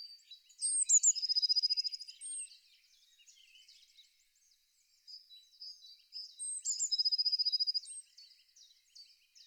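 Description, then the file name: Eurasian blue tit song given twice, high thin notes leading into a quick, bright trill of even notes, with soft chirps from other birds in the gaps. "pimpelmees"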